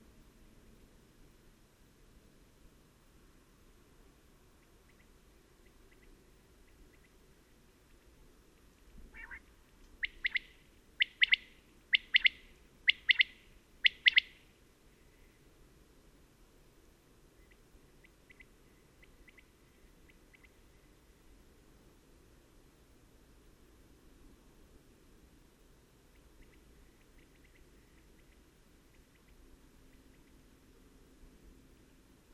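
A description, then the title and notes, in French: A common quail calls a short burst of sharp repeated notes around ten to fifteen seconds, over a low steady rumble and faint chirps. Observation sonore - La Caille des blés. La Caille des blés (Coturnix coturnix)encore commune au col bayard au-dessus de Gap et qui chante activement au lever du jour c'est à dire vers 5h00 du matin.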